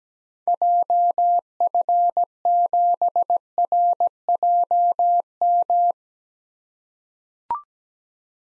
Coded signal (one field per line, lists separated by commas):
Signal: Morse code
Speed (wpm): 17 wpm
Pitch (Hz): 700 Hz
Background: none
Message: JF7RJM